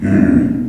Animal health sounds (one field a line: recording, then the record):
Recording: squeal of a Yucatan mini pig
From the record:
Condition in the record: after surgery on the right vocal fold (resection and tissue-engineered implant)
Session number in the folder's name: 4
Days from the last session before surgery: 26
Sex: female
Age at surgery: 19 weeks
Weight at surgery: 25 kg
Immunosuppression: prednisolone